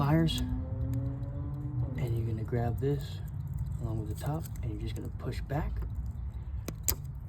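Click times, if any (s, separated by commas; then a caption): 6.9 s. During a fuel injector replacement on a 2012 Chrysler Town & Country minivan engine, a part and its top are gripped with pliers and pushed back against the plastic retaining clip on the fuel injector or fuel rail connection while someone talks. One sharp, loud click at 6.9 s marks the retaining clip releasing.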